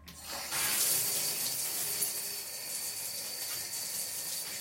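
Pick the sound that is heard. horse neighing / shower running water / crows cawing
shower running water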